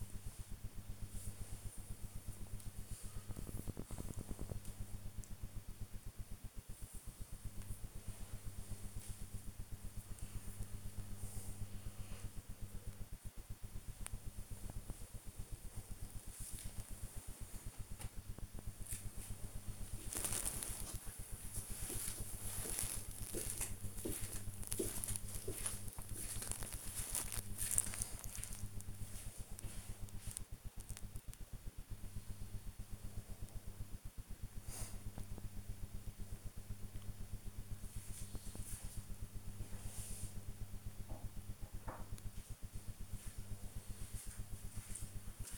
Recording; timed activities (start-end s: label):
household activities, microphone on the right wrist
0.00-45.58 s: working on the computer